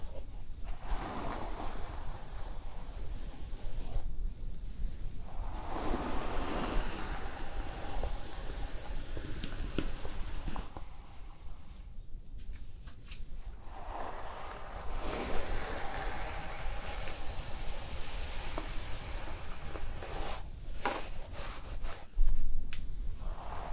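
Hair is brushed and styled in long, soft swishing strokes that rise and fall every few seconds, with a steady airy hiss like steam underneath. Brief gaps break the rhythm, and a sharper knock lands near the end.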